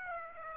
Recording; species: mosquito wingbeat signal from an infrared sensor; Aedes aegypti